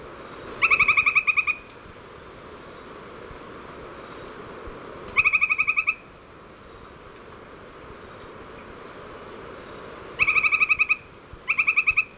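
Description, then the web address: Northern White-crowned Tapaculo song: quick bursts of rapid, stuttered notes, four in all, with long pauses between the first three and the last two close together. Ecuador. "Birds of Ecuador 3-01 Northern White-Crowned Tapaculo"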